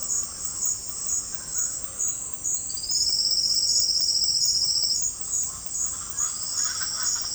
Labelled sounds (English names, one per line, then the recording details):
Speckled Chachalaca
Silvered Antbird
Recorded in dense forest near Puerto Asís, Putumayo, Colombia, on 20 February 2024 at 08:00
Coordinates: 0.487, -76.319
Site G6403